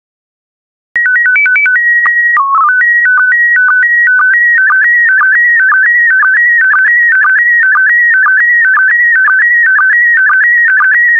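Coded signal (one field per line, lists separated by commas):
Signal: SSTV (slow-scan television)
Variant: PD 120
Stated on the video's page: PD120-mode SSTV images generated for decoding practice, not an over-air reception.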